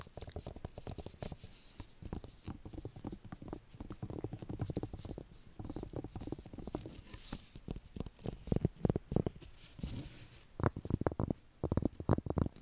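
Tapping and scratching go on throughout in dense, irregular bursts of short, dull knocks and rough scraping. The sound is mostly low and muffled, with brief pauses around ten seconds before the taps return, sharper and more spaced out.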